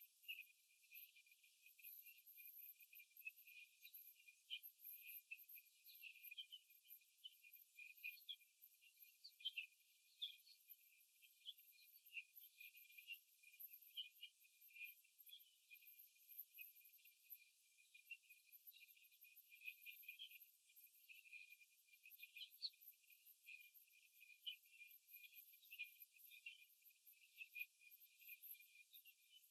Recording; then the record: young laying hens in a cage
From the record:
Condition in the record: after the stressor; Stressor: simulated dog barking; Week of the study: 3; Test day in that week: 2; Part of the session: 2